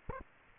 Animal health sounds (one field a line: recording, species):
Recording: mosquito wingbeat signal from an infrared sensor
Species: Aedes aegypti